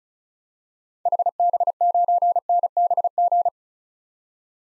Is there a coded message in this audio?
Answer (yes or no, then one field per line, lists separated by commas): yes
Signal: Morse code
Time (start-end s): 1.1-3.5 s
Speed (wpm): 36 wpm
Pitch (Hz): 700 Hz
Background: none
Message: HB9NBG